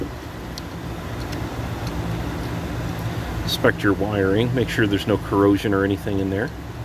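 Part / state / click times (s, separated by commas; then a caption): wiring harness connector into electronic throttle body / not seated / none. A wiring harness connector is being handled at the plastic socket of an electronic throttle body on a Ford Explorer/Taurus during a throttle body replacement, after the wiring is checked for corrosion. Someone talks over a steady low hum, with a brief sharp tick near 0.6 s. The connector has not seated or clicked yet.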